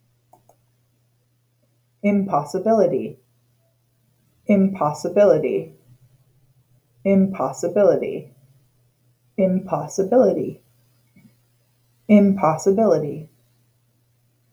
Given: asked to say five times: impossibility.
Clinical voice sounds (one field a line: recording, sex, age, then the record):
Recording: repeated word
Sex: female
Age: 30 to 39 years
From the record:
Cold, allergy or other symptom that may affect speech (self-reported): yes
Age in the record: 38 years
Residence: Maine, United States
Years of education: 22